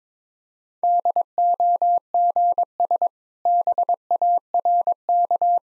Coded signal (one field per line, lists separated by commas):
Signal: Morse code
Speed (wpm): 22 wpm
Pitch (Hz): 700 Hz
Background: none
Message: DOGS BARK